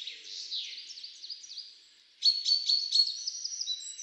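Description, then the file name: Common chaffinch song: a string of sweeping descending notes fades out, then after a short pause a brisk trill of repeated sharp chirps follows, ending in higher twittering. "Fringilla coelebs"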